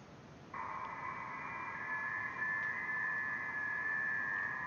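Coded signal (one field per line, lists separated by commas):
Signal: FT8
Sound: several faint overlapping steady tones warbling slowly together over background hiss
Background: radio static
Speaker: I'll go ahead and play it just so you guys can hear what it's supposed to sound like so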